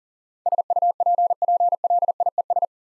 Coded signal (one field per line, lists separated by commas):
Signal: Morse code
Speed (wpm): 40 wpm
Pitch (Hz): 700 Hz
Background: none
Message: SUPPLIES